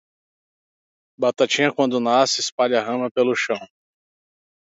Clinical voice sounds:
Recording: short text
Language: Brazilian Portuguese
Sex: male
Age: 30 to 39 years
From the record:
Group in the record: control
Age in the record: 33 years

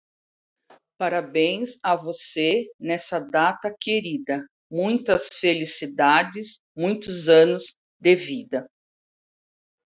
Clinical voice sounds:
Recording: short text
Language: Brazilian Portuguese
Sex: female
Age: 60 to 69 years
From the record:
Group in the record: control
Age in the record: 61 years

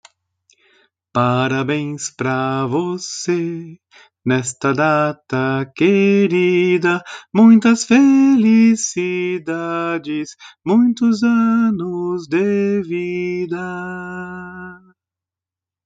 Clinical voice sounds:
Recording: short text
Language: Brazilian Portuguese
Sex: male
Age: 50 to 59 years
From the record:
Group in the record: control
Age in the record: 54 years

